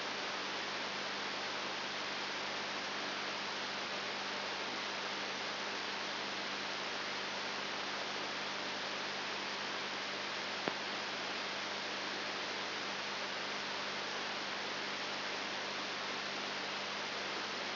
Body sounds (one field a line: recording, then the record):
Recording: brain microelectrode recording played as sound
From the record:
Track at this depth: outside the subthalamic nucleus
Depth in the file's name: 6.9 mm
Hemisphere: left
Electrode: 3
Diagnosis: Parkinson's disease